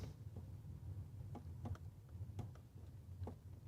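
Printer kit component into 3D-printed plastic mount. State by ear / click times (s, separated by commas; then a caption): not seated / none. A component from a Voron V0.2 printer kit is pressed into its 3D-printed plastic mount again after a check found no screw blocking it. Over a low steady hum, short sharp taps and knocks sound at about 1.4, 1.7, 1.8, 2.4, 3.3 and 3.7 seconds. The part does not click into place, and nothing has seated.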